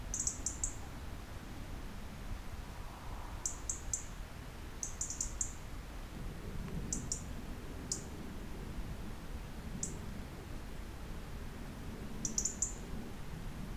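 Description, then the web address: European robin uttering sharp, high-pitched ticks, mostly in clusters of two to four with occasional single notes, repeating irregularly above low background hum. "SETE Erithacus rubecula"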